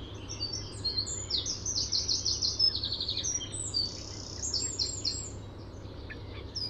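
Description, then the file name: Common nightingale song: a run of thin, high phrases with quick repeated notes in the middle, over a steady low hum. "Luscinia megarhynchos"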